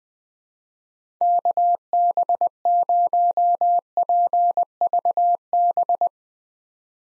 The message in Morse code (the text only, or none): KB0PVB